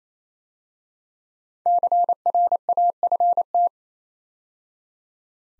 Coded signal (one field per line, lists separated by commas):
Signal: Morse code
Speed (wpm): 28 wpm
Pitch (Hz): 700 Hz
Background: none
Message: CRAFT